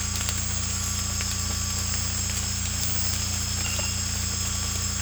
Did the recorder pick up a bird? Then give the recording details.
no. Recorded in secondary vegetation near Puerto Asís, Putumayo, Colombia, on 18 December 2024 at 01:00. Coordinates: 0.485, -76.322. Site GP08